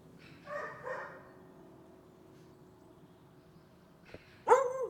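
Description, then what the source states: Dog barks: two soft barks at the start, a long quiet gap, then a single loud sharp bark at the end. More than one dog barking.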